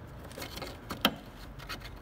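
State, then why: Seated. A new high beam bulb is inserted into the passenger-side headlight housing of a 2013-2017 Honda Accord and twisted clockwise. After a few faint taps and rustles, a sharp click at 1.1 seconds marks the bulb locking into the housing.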